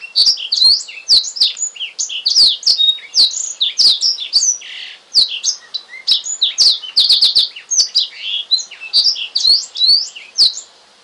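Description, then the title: Oriental magpie-robin singing continuously, fast varied whistles and chattering notes packed closely together, punctuated by sharp ticking clicks. "Kicau Kacer Durasi Panjang 1jam Lebih"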